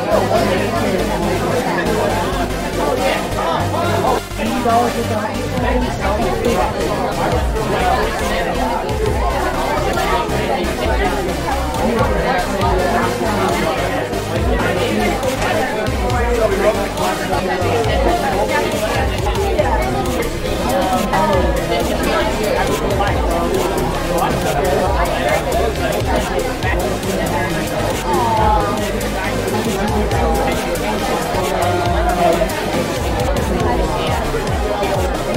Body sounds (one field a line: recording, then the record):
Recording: background sound without coughing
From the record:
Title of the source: Nightlife Party Simulating Party Club Noise 1 Hour